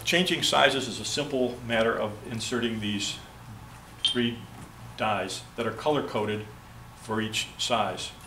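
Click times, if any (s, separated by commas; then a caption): none. Someone talks while three color-coded swaging dies, one color for each size, are handled for insertion into the metal die head of a swaging tool. The dies are only being handled so far; nothing has seated or clicked yet.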